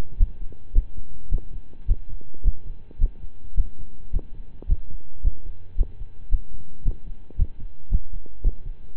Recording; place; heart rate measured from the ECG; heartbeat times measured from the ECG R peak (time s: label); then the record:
heart sounds by stethoscope; between the tricuspid and mitral areas; 109 bpm
0.17 s: heartbeat
0.73 s: heartbeat
1.29 s: heartbeat
1.86 s: heartbeat
2.42 s: heartbeat
2.98 s: heartbeat
3.55 s: heartbeat
4.11 s: heartbeat
4.66 s: heartbeat
5.22 s: heartbeat
5.76 s: heartbeat
6.29 s: heartbeat
6.83 s: heartbeat
7.36 s: heartbeat
7.89 s: heartbeat
8.42 s: heartbeat
8.95 s: heartbeat
From the record:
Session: slow and fast walking with breaks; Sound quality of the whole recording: saturated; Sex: male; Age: 25 years